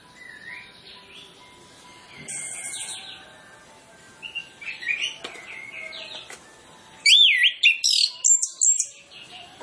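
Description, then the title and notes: Orange-headed Thrush song: quiet, scattered whistles and short trills at first, then a loud burst of looping, wavering whistles from seven seconds. Lure training recording of full mimicry-filled song, played to prompt Orange-headed Thrushes to sing quickly and freely. "Masteran Anis Kembang Full Isian Untuk Suara Pancingan Anis Kembang Agar Cepat Ngeplong. Suara Burung Anis Kembang"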